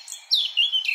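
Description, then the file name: Eurasian blackcap singing a short, rich warble of varied whistled notes that slide up and down, starting after a brief pause. "Sylvia atricapilla"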